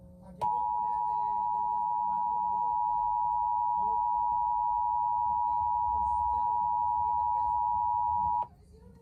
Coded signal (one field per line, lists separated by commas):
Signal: Emergency Alert System (SAME) tones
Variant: 853 and 960 Hz attention tone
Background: speech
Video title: EAS Required Monthly Test on WGN 9 TV (3/4/2025) EAS #457